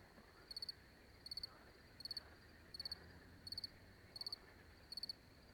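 Cricket chirps, each a quick burst of three or four high pulses, repeating evenly roughly every seven tenths of a second.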